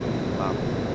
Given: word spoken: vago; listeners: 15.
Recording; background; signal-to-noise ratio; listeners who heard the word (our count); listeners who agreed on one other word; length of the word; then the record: one Spanish word in noise, from a listening test; speech-shaped noise; -6.3 dB; 0 of 15; 6 of 15; 0.55 s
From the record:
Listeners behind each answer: 6, 3, 1, 1, 1, 1, 1, 1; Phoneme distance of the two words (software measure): 20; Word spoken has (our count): 2 syllables, 4 phonemes, stress on syllable 1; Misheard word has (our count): 2 syllables, 4 phonemes, stress on syllable 1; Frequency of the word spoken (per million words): 5.61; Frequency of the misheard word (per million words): 4.47